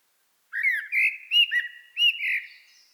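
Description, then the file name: Common blackbird giving one short song phrase of several mellow, rounded fluted notes with faint high squeaky edges, lasting about two and a half seconds. "Turdus merula"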